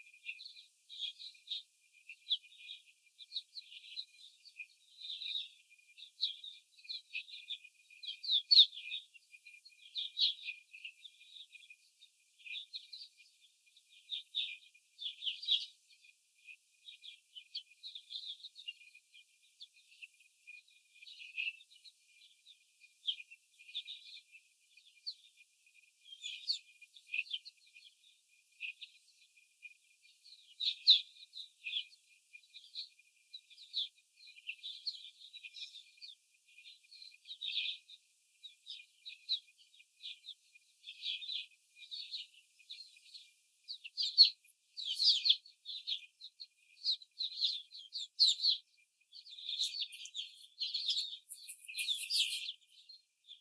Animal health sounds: young laying hens in a cage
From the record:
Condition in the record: before the stressor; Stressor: simulated dog barking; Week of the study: 4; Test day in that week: 3

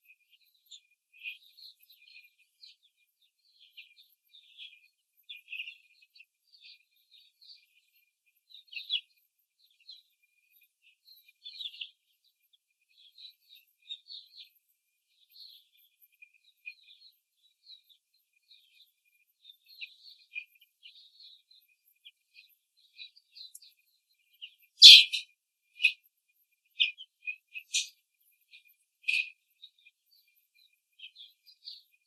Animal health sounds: young laying hens in a cage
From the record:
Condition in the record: control cage, after the stress test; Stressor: none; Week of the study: 4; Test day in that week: 3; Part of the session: 1

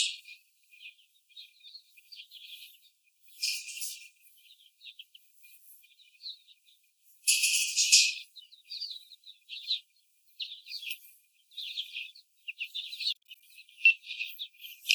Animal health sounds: young laying hens in a cage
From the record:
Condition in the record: before the stressor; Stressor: simulated dog barking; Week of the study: 4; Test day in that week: 1

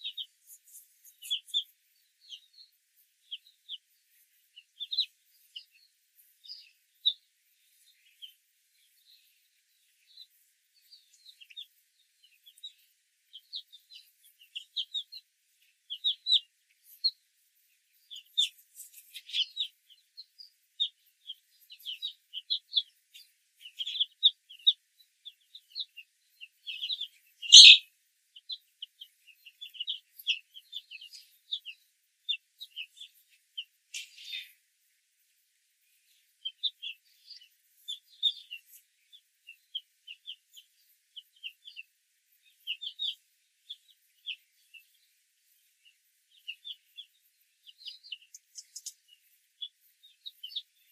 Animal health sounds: young laying hens in a cage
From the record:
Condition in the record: control cage, after the stress test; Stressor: none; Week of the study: 4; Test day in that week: 1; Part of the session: 1

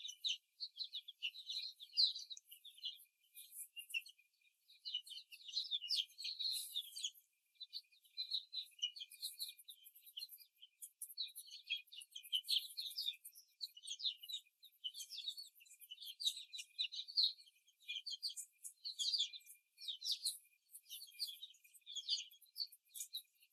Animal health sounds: young laying hens in a cage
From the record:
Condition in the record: before the stressor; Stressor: simulated dog barking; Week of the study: 3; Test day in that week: 1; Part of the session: 3

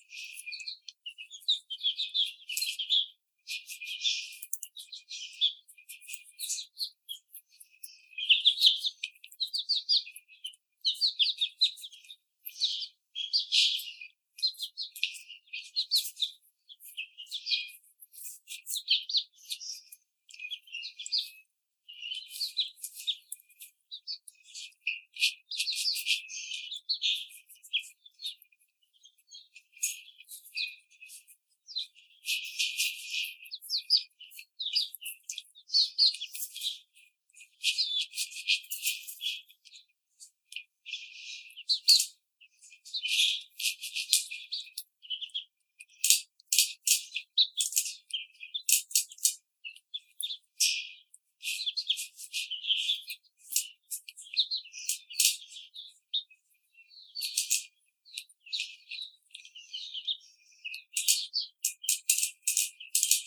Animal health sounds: young laying hens in a cage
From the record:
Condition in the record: treatment cage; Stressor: simulated dog barking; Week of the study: 5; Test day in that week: 1

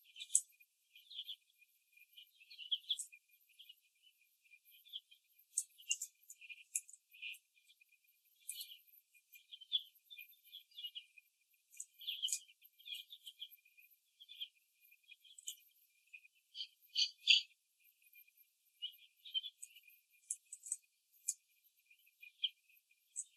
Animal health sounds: young laying hens in a cage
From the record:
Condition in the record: before the stressor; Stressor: simulated dog barking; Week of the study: 2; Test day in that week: 3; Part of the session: 2

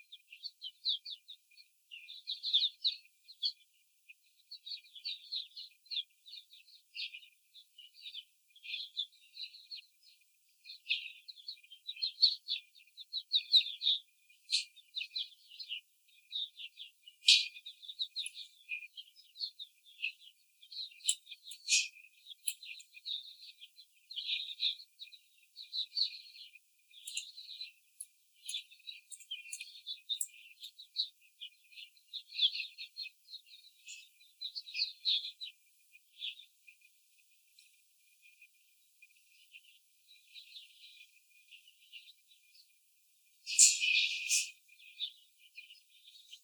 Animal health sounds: young laying hens in a cage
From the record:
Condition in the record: after the stressor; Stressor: simulated dog barking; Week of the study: 4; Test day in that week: 2

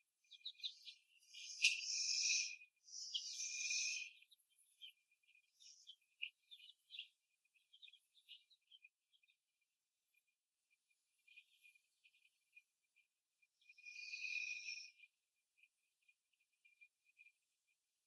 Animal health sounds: young laying hens in a cage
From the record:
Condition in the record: after the stressor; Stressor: simulated dog barking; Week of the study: 1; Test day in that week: 2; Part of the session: 2

